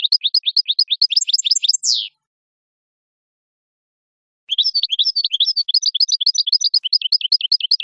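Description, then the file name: Goldfinch song, fast tinkling twitter with a buzzy flourish, a silent gap, then another long run of quick repeated high notes. "audio burung goldfinch"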